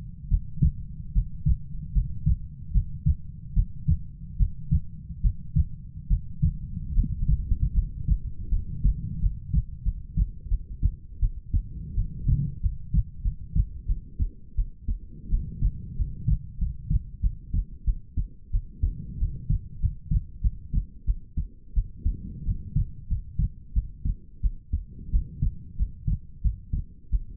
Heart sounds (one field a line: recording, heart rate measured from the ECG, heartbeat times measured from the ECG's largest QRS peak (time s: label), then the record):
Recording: heart sounds by stethoscope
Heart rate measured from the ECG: 85 bpm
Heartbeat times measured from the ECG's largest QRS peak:
0.28 s: heartbeat
1.12 s: heartbeat
1.92 s: heartbeat
2.71 s: heartbeat
3.53 s: heartbeat
4.36 s: heartbeat
5.21 s: heartbeat
6.07 s: heartbeat
6.93 s: heartbeat
7.73 s: heartbeat
8.49 s: heartbeat
9.19 s: heartbeat
9.83 s: heartbeat
10.48 s: heartbeat
11.19 s: heartbeat
11.94 s: heartbeat
12.60 s: heartbeat
13.22 s: heartbeat
13.86 s: heartbeat
14.55 s: heartbeat
15.29 s: heartbeat
15.95 s: heartbeat
16.58 s: heartbeat
17.21 s: heartbeat
17.84 s: heartbeat
18.51 s: heartbeat
19.18 s: heartbeat
19.79 s: heartbeat
20.41 s: heartbeat
21.05 s: heartbeat
21.74 s: heartbeat
22.44 s: heartbeat
23.08 s: heartbeat
23.73 s: heartbeat
24.41 s: heartbeat
25.10 s: heartbeat
25.76 s: heartbeat
26.41 s: heartbeat
27.10 s: heartbeat
From the record:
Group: healthy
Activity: rest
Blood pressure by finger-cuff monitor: 85/60 mmHg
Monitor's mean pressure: 69 mmHg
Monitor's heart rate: 87 bpm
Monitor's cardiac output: 6.8 L/min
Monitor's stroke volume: 76 mL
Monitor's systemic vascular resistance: 740 dyn s/cm5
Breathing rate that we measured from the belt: 18 breaths a minute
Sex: female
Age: 19 years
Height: 163 cm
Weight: 48.9 kg